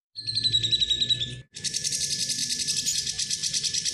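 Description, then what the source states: Grey-cheeked bulbul song: a short steady whistled note near the start, then a dense, buzzy, rapidly pulsed chatter that runs on without a break. Training recording (masteran) of the bird's song.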